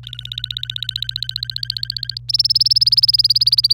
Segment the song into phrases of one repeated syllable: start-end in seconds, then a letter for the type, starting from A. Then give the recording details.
0.03-2.18 A, 2.29-3.73 B. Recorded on 26 April 2018 at 07:32. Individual llb3